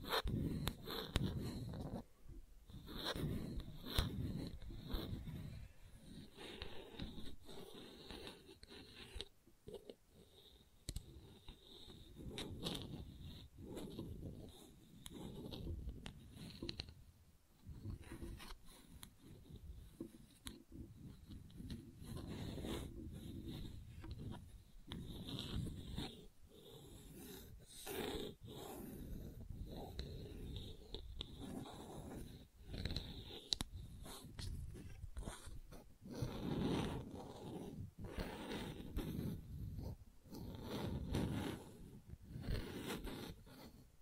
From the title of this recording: ASMR Gentle Scratching